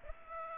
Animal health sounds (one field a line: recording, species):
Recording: mosquito wingbeat signal from an infrared sensor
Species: Aedes aegypti